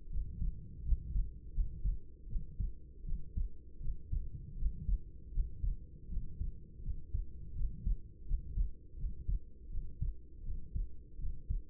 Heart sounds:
heart sounds by stethoscope; 81 bpm
0.09 s: heartbeat
0.83 s: heartbeat
1.52 s: heartbeat
2.27 s: heartbeat
3.04 s: heartbeat
3.79 s: heartbeat
4.56 s: heartbeat
5.31 s: heartbeat
6.08 s: heartbeat
6.82 s: heartbeat
7.54 s: heartbeat
8.25 s: heartbeat
8.96 s: heartbeat
9.69 s: heartbeat
10.42 s: heartbeat
11.17 s: heartbeat
From the record:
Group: healthy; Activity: rest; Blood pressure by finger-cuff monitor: 109/64 mmHg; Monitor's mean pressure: 78 mmHg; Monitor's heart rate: 81 bpm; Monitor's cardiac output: 6.8 L/min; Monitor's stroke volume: 83 mL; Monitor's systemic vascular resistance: 830 dyn s/cm5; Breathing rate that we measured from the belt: 16 breaths a minute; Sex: female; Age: 26 years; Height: 165 cm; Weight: 55 kg

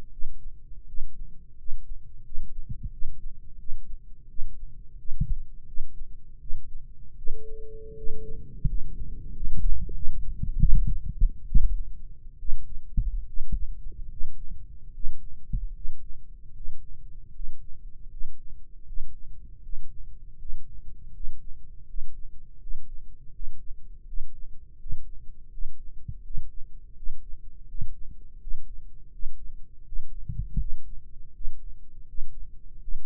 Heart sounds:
heart sounds by microphone in the right ear; 81 bpm
0.09 s: heartbeat
0.85 s: heartbeat
1.55 s: heartbeat
2.22 s: heartbeat
2.89 s: heartbeat
3.56 s: heartbeat
4.26 s: heartbeat
4.95 s: heartbeat
5.64 s: heartbeat
6.38 s: heartbeat
7.15 s: heartbeat
7.94 s: heartbeat
8.64 s: heartbeat
9.31 s: heartbeat
9.91 s: heartbeat
10.56 s: heartbeat
11.44 s: heartbeat
12.36 s: heartbeat
13.23 s: heartbeat
14.07 s: heartbeat
14.90 s: heartbeat
15.70 s: heartbeat
16.50 s: heartbeat
17.29 s: heartbeat
18.06 s: heartbeat
18.82 s: heartbeat
19.59 s: heartbeat
20.35 s: heartbeat
21.10 s: heartbeat
21.84 s: heartbeat
22.57 s: heartbeat
23.29 s: heartbeat
24.03 s: heartbeat
24.76 s: heartbeat
25.48 s: heartbeat
26.20 s: heartbeat
26.93 s: heartbeat
27.65 s: heartbeat
28.37 s: heartbeat
29.09 s: heartbeat
29.83 s: heartbeat
30.57 s: heartbeat
31.31 s: heartbeat
32.05 s: heartbeat
32.79 s: heartbeat
From the record:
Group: healthy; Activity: rest 0-7 s, Valsalva maneuver 7-33 s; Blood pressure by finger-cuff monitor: 135/77 mmHg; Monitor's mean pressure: 97 mmHg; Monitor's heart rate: 81 bpm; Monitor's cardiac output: 6.7 L/min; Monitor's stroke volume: 85 mL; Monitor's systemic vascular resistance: 1010 dyn s/cm5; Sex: male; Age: 21 years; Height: 180 cm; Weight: 67.5 kg

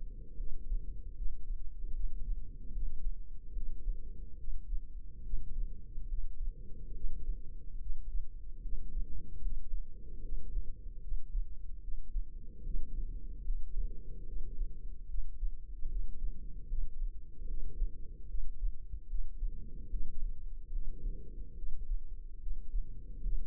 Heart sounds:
heart sounds by microphone in the left ear; 74 bpm
0.35 s: heartbeat
1.13 s: heartbeat
1.91 s: heartbeat
2.71 s: heartbeat
3.52 s: heartbeat
4.35 s: heartbeat
5.21 s: heartbeat
6.07 s: heartbeat
6.92 s: heartbeat
7.77 s: heartbeat
8.60 s: heartbeat
9.40 s: heartbeat
10.20 s: heartbeat
10.99 s: heartbeat
11.79 s: heartbeat
12.62 s: heartbeat
13.43 s: heartbeat
14.24 s: heartbeat
15.06 s: heartbeat
15.87 s: heartbeat
16.66 s: heartbeat
17.45 s: heartbeat
18.26 s: heartbeat
19.06 s: heartbeat
19.88 s: heartbeat
20.70 s: heartbeat
21.54 s: heartbeat
22.38 s: heartbeat
23.20 s: heartbeat
From the record:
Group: healthy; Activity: rest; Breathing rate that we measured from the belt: 18 breaths a minute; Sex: female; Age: 32 years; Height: 172 cm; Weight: 71.7 kg

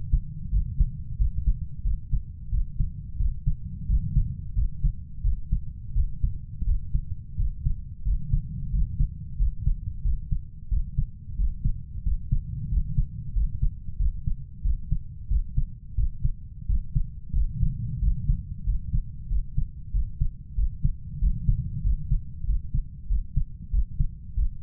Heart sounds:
heart sounds by stethoscope; 91 bpm
0.53 s: heartbeat
1.20 s: heartbeat
1.85 s: heartbeat
2.53 s: heartbeat
3.20 s: heartbeat
3.89 s: heartbeat
4.57 s: heartbeat
5.25 s: heartbeat
5.96 s: heartbeat
6.67 s: heartbeat
7.39 s: heartbeat
8.07 s: heartbeat
8.74 s: heartbeat
9.40 s: heartbeat
10.05 s: heartbeat
10.71 s: heartbeat
11.39 s: heartbeat
12.06 s: heartbeat
12.72 s: heartbeat
13.36 s: heartbeat
14.00 s: heartbeat
14.65 s: heartbeat
15.31 s: heartbeat
15.98 s: heartbeat
16.69 s: heartbeat
17.36 s: heartbeat
18.02 s: heartbeat
18.67 s: heartbeat
19.30 s: heartbeat
19.94 s: heartbeat
20.58 s: heartbeat
21.22 s: heartbeat
21.85 s: heartbeat
22.47 s: heartbeat
23.10 s: heartbeat
23.73 s: heartbeat
24.37 s: heartbeat
From the record:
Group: healthy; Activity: rest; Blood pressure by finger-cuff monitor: 133/75 mmHg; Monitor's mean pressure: 92 mmHg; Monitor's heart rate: 90 bpm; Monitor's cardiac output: 7.6 L/min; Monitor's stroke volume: 85 mL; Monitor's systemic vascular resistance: 880 dyn s/cm5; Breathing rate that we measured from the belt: 14 breaths a minute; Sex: male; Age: 21 years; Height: 175 cm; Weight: 72.6 kg

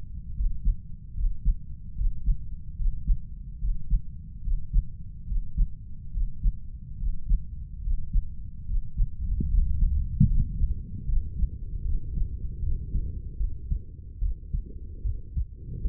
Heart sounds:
heart sounds by stethoscope; 74 bpm
0.34 s: heartbeat
1.14 s: heartbeat
1.95 s: heartbeat
2.76 s: heartbeat
3.58 s: heartbeat
4.41 s: heartbeat
5.25 s: heartbeat
6.11 s: heartbeat
6.97 s: heartbeat
7.81 s: heartbeat
8.65 s: heartbeat
9.48 s: heartbeat
10.26 s: heartbeat
11.05 s: heartbeat
11.82 s: heartbeat
12.59 s: heartbeat
13.37 s: heartbeat
14.19 s: heartbeat
15.02 s: heartbeat
15.82 s: heartbeat
From the record:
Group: healthy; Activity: Valsalva maneuver 0-9 s, rest 9-16 s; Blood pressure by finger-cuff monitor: 104/50 mmHg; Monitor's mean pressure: 68 mmHg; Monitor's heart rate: 73 bpm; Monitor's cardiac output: 7.7 L/min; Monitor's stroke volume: 103 mL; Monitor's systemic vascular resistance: 640 dyn s/cm5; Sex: female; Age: 32 years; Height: 168 cm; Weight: 61.9 kg

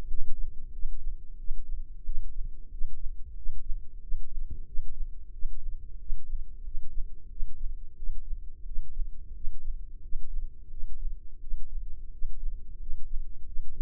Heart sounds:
heart sounds by microphone in the right ear; 90 bpm
0.06 s: heartbeat
0.71 s: heartbeat
1.36 s: heartbeat
2.03 s: heartbeat
2.69 s: heartbeat
3.34 s: heartbeat
4.00 s: heartbeat
4.65 s: heartbeat
5.31 s: heartbeat
5.97 s: heartbeat
6.62 s: heartbeat
7.28 s: heartbeat
7.95 s: heartbeat
8.64 s: heartbeat
9.32 s: heartbeat
10.00 s: heartbeat
10.69 s: heartbeat
11.39 s: heartbeat
12.10 s: heartbeat
12.78 s: heartbeat
13.44 s: heartbeat
From the record:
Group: healthy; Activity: rest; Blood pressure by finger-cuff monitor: 103/73 mmHg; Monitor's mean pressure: 81 mmHg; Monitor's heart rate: 91 bpm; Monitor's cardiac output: 7.1 L/min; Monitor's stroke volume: 78 mL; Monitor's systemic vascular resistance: 840 dyn s/cm5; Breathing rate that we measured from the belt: 18 breaths a minute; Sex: male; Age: 19 years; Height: 178 cm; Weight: 83 kg

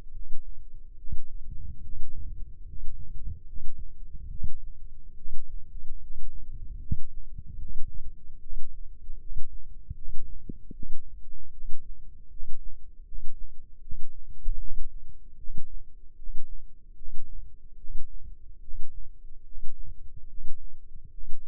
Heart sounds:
heart sounds by microphone in the left ear; 74 bpm
0.09 s: heartbeat
0.94 s: heartbeat
1.80 s: heartbeat
2.63 s: heartbeat
3.43 s: heartbeat
4.27 s: heartbeat
5.14 s: heartbeat
5.97 s: heartbeat
6.77 s: heartbeat
7.57 s: heartbeat
8.38 s: heartbeat
9.17 s: heartbeat
9.93 s: heartbeat
10.71 s: heartbeat
11.50 s: heartbeat
12.28 s: heartbeat
13.03 s: heartbeat
13.79 s: heartbeat
14.57 s: heartbeat
15.35 s: heartbeat
16.14 s: heartbeat
16.94 s: heartbeat
17.75 s: heartbeat
18.59 s: heartbeat
19.42 s: heartbeat
20.25 s: heartbeat
21.09 s: heartbeat
From the record:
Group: healthy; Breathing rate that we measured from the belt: 18 breaths a minute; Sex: male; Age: 35 years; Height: 180 cm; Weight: 86.9 kg

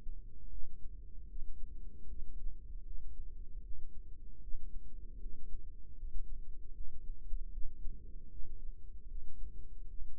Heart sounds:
heart sounds by microphone in the right ear; 77 bpm
0.49 s: heartbeat
1.27 s: heartbeat
2.06 s: heartbeat
2.84 s: heartbeat
3.61 s: heartbeat
4.40 s: heartbeat
5.19 s: heartbeat
5.96 s: heartbeat
6.73 s: heartbeat
7.50 s: heartbeat
8.29 s: heartbeat
9.07 s: heartbeat
9.87 s: heartbeat
From the record:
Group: healthy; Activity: rest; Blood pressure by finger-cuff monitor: 115/75 mmHg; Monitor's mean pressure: 89 mmHg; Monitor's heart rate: 77 bpm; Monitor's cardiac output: 5.5 L/min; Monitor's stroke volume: 71 mL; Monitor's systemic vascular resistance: 1180 dyn s/cm5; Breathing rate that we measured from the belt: 19 breaths a minute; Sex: female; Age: 43 years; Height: 160 cm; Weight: 90 kg

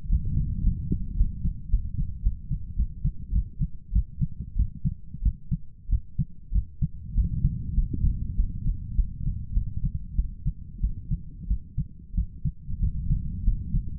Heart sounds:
heart sounds by stethoscope; 99 bpm
0.09 s: heartbeat
0.63 s: heartbeat
1.17 s: heartbeat
1.70 s: heartbeat
2.23 s: heartbeat
2.76 s: heartbeat
3.32 s: heartbeat
3.92 s: heartbeat
4.56 s: heartbeat
5.22 s: heartbeat
5.89 s: heartbeat
6.52 s: heartbeat
7.14 s: heartbeat
7.74 s: heartbeat
8.36 s: heartbeat
8.95 s: heartbeat
9.53 s: heartbeat
10.15 s: heartbeat
10.81 s: heartbeat
11.47 s: heartbeat
12.15 s: heartbeat
12.80 s: heartbeat
13.44 s: heartbeat
From the record:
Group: healthy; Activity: cold pressor test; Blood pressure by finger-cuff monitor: 150/90 mmHg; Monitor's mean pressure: 105 mmHg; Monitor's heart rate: 100 bpm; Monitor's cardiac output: 8.7 L/min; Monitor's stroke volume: 82 mL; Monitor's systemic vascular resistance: 900 dyn s/cm5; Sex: male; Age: 23 years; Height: 179 cm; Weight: 87 kg

